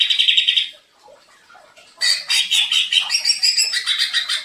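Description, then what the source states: Leafbird song with a short buzzy trill, a pause, then an energetic stream of rapid chattering and whistled notes. Vigorous song in a recording used to train and provoke cage birds.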